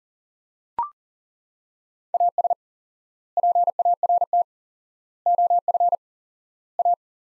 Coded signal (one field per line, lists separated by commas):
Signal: Morse code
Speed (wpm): 40 wpm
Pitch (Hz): 700 Hz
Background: none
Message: AS PART OF A